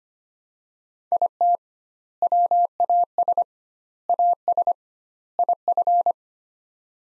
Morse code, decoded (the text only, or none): IT WAS AS IF